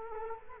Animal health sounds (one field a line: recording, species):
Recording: mosquito wingbeat signal from an infrared sensor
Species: Culex quinquefasciatus